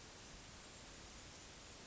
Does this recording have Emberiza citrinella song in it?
no